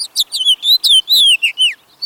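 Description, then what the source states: House Finch song, a rich, jumbled warble of quick slurred notes, many falling in pitch, delivered in a rapid run over about two seconds. Male singing rich, jumbled phrases in late winter as lengthening daylight triggers singing; marks the start of the breeding cycle with courtship and pair bonding.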